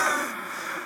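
Brief, strained, hissing breath out, imitating the labored exhalation of shortness of breath in an asthma attack, where the difficulty is on breathing out, pointing to the lower airways.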